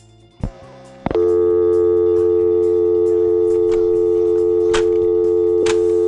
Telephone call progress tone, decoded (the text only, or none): dial tone